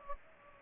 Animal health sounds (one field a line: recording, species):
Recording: mosquito wingbeat signal from an infrared sensor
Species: Culex pipiens